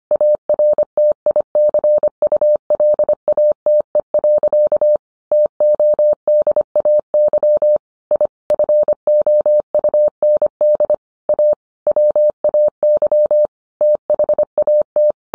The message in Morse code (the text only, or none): ARTICULATE. TODAY I FOUND A WAY THAT